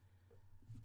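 Abdomen. Stomach rumbling (borborygmi): a low gurgling rumble, louder toward the end, in an adult woman.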